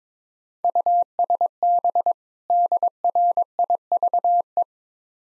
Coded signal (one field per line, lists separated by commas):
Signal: Morse code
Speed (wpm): 22 wpm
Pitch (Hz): 700 Hz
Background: none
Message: USB DRIVE